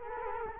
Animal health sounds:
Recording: mosquito wingbeat signal from an infrared sensor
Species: Culex quinquefasciatus

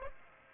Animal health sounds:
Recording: mosquito wingbeat signal from an infrared sensor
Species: Aedes aegypti

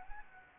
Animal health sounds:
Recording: mosquito wingbeat signal from an infrared sensor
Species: Anopheles gambiae

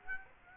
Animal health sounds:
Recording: mosquito wingbeat signal from an infrared sensor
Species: Aedes aegypti

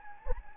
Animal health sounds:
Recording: mosquito wingbeat signal from an infrared sensor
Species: Anopheles gambiae

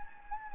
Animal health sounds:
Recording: mosquito wingbeat signal from an infrared sensor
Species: Anopheles gambiae

